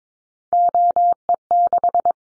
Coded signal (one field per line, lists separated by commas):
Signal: Morse code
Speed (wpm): 22 wpm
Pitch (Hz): 700 Hz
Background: none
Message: OE6